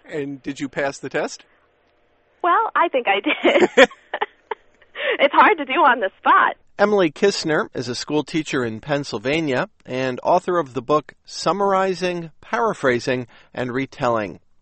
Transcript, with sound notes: "And did you pass the test?"
"Well, I think I did. [Laughter] It's hard to do on the spot."
Emily Kissner is a schoolteacher in Pennsylvania and author of the book "Summarizing, Paraphrasing and Retelling."